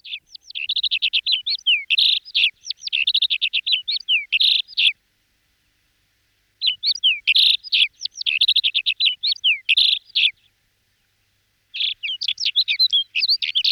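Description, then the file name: Alpine accentor giving long runs of fast twittering, rippling chirps, three bursts separated by short silent gaps, nothing else audible. "Acentor Alpino"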